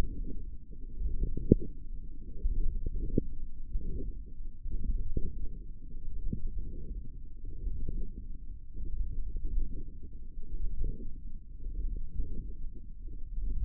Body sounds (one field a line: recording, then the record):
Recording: forearm muscle sounds (acoustic myography)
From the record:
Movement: wrist flexion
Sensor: system 1, eight BSWA MPA416 microphones around the upper forearm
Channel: 5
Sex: female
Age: 22 years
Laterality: right